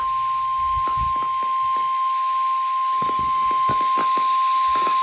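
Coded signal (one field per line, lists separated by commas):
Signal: Emergency Alert System (SAME) tones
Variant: 1050 Hz attention tone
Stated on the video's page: Forwarded Required Weekly Test on weather radio stations.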